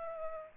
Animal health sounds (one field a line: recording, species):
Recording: mosquito wingbeat signal from an infrared sensor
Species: Aedes aegypti